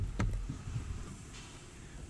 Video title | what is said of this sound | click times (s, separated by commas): BENZWERKS 2015 Mercedes Benz GLA 250 Cabin filter replaced | and left locking tabs and you'll hear it click | 0.2 s